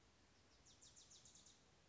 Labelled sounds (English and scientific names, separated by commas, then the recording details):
Wilson's Warbler (Cardellina pusilla)
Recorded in Sonoma County, California